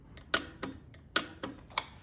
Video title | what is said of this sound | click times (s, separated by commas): 23 ZX6R Womet Frame Slider Kit Install | we are going to go to 29.5 foot pounds and once again we're going to listen for the click | 1.2 s